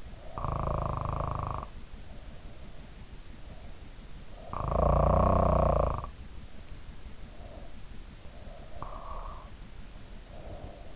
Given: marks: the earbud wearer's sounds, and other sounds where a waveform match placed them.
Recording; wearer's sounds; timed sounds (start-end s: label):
sounds in sleep by an in-ear microphone; snoring breath, breath
0.00-1.80 s: snoring breath
4.34-6.23 s: snoring breath
7.85-10.96 s: breath